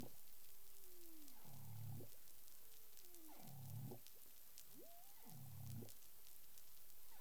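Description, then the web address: Humpback whale calling: a smooth whistle, descending in the first two and rising in the last, slides into a deep grunting moan, the pair repeating three times about every two seconds, over steady hiss and a constant high tone. Caribbean, 13 February 2021, 10:11 UTC. "CARIMAM. humpback whale 20210213 101128 UTC"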